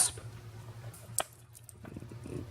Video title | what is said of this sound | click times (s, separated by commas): How to tighten the hold on the Tri-Fold Clasp on a vintage Rolex, no tools needed. | this clasp is working as it should it stays closed on the wrist it opens predictably and closes with a snap | 1.2 s